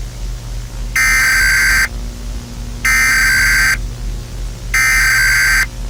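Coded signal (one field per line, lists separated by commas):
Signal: Emergency Alert System (SAME) tones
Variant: header bursts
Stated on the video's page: Fictional EAS scenario themed on Gorilla Tag horror, not a real alert.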